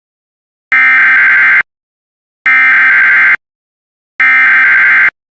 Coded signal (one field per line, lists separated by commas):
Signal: Emergency Alert System (SAME) tones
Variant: header bursts